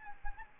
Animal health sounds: mosquito wingbeat signal from an infrared sensor; Anopheles gambiae

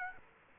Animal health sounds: mosquito wingbeat signal from an infrared sensor; Aedes aegypti

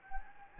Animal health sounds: mosquito wingbeat signal from an infrared sensor; Anopheles gambiae

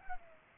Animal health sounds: mosquito wingbeat signal from an infrared sensor; Culex pipiens

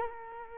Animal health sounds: mosquito wingbeat signal from an infrared sensor; Culex quinquefasciatus

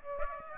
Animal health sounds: mosquito wingbeat signal from an infrared sensor; Aedes aegypti

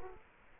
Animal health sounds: mosquito wingbeat signal from an infrared sensor; Culex quinquefasciatus

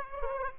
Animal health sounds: mosquito wingbeat signal from an infrared sensor; Aedes aegypti

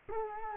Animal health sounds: mosquito wingbeat signal from an infrared sensor; Culex quinquefasciatus

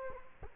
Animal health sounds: mosquito wingbeat signal from an infrared sensor; Culex quinquefasciatus

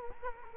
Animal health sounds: mosquito wingbeat signal from an infrared sensor; Culex quinquefasciatus

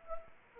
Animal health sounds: mosquito wingbeat signal from an infrared sensor; Anopheles arabiensis

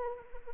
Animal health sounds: mosquito wingbeat signal from an infrared sensor; Anopheles arabiensis

